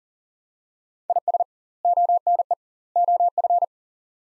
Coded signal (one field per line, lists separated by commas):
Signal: Morse code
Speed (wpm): 40 wpm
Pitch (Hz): 700 Hz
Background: none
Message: IS ONE OF